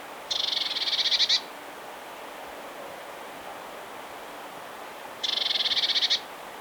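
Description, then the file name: Eurasian blue tit giving a dry, buzzy churring rattle of rapid notes lasting about a second, repeated once after a four-second pause. "Cyanistes caeruleus"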